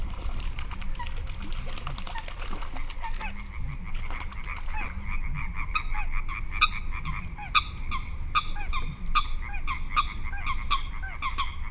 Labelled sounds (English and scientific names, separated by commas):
Little Crake (Porzana parva)